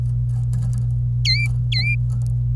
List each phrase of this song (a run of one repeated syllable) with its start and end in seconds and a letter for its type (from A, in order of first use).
1.25-1.95 A